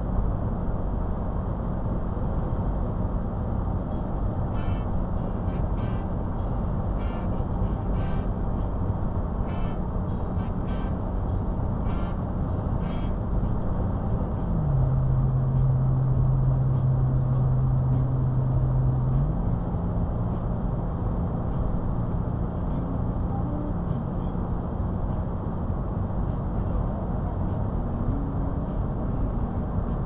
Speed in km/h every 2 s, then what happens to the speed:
98, 100, 100, 98, 100, 100, 100, 98, 97, 95, 97, 97, 98, 98, 100.
0-30 steady at about 98.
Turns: none.